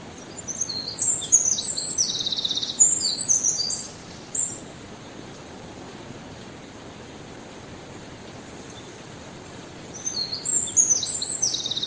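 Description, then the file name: Eurasian wren giving a burst of quick, high, scratchy notes for about four and a half seconds, then quiet hiss, then another high rapid burst near the end. "Troglodytes troglodytes"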